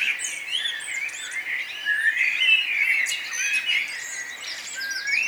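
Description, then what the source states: Birds in a dense dawn chorus, overlapping chirps and warbling phrases from several singers, with high rapid trills and whistles layered above. Morning bird chorus at Nonnenhorn, 10 May 2009, 04:24.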